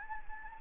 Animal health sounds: mosquito wingbeat signal from an infrared sensor; Anopheles gambiae

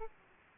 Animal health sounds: mosquito wingbeat signal from an infrared sensor; Aedes aegypti

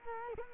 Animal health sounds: mosquito wingbeat signal from an infrared sensor; Culex quinquefasciatus

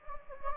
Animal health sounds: mosquito wingbeat signal from an infrared sensor; Anopheles gambiae

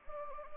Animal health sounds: mosquito wingbeat signal from an infrared sensor; Anopheles arabiensis

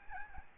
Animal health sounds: mosquito wingbeat signal from an infrared sensor; Aedes albopictus

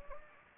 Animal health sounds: mosquito wingbeat signal from an infrared sensor; Anopheles gambiae

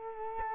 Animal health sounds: mosquito wingbeat signal from an infrared sensor; Culex quinquefasciatus

